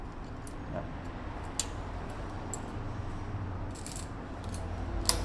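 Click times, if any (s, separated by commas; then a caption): 5.1 s. On an NWOW GC10 electric scooter, the front part is lined up with its hole in the frame and pressed a little so it locks. Quiet handling with a few faint ticks leads to a sharp click at 5.1 s as the front part locks into place, seated.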